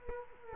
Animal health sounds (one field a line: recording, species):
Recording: mosquito wingbeat signal from an infrared sensor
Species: Culex quinquefasciatus